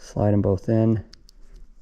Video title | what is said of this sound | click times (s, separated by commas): EV1 to EV6 Injector Connector, How to crimp the pins and install EV6 connectors, 2jz 240sx Haltech | you'll hear them both click and lock into place. | 1.3 s